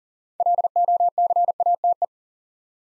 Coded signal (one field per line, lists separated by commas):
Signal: Morse code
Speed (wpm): 41 wpm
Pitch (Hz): 700 Hz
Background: none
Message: LOCATE